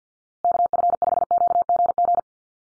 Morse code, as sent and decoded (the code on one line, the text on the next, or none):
-.- ..-. ..... --.- --. --.
KF5QGG